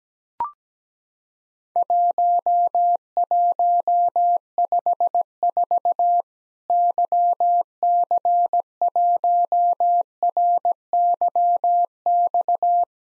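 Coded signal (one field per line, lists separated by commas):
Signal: Morse code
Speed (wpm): 17 wpm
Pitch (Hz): 700 Hz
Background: none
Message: 1154 YC1RYX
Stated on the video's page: Worked All Europe DX Contest QTC exchange practice at 17 wpm, with simulated repeat requests.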